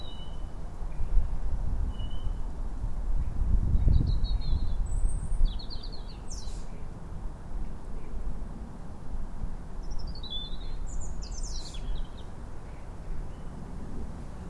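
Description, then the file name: European robin song in short high twittering and trilled phrases repeated throughout, with strong low-frequency rumbling noise. "Erithacus rubecula"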